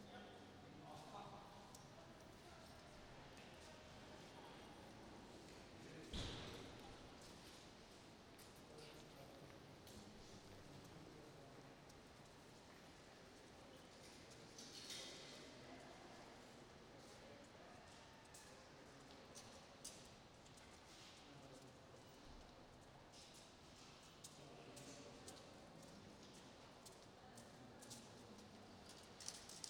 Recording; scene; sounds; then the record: everyday scene through a hearing-aid microphone; reverberant space; background noise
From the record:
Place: railway station hall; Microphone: in the ear canal, right